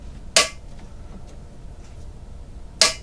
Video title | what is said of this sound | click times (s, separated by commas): Swiss K-31: Mounting a scope | And you can hear those clicks, that means I'm already there. | 0.4 s, 2.8 s